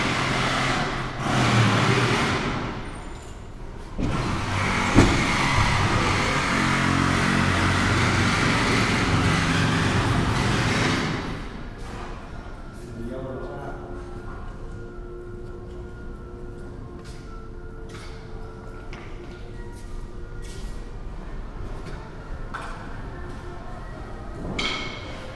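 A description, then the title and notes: Inside a building under construction, a loud, dense machine roar with a low hum fills the first ten seconds, then drops away. What remains is a quieter, echoing interior with a faint steady whine and scattered knocks and taps, some near, some distant. Soundwalk 04: in the Chase Family Building while it was under construction. There are sounds from close up as well as from far away that reverberate through the interior space. This is unedited.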